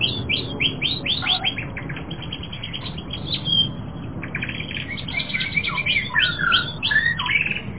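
Canary singing a long, varied run of quick chirps, rolled trills and short whistled slurs, with a low steady hum in the background.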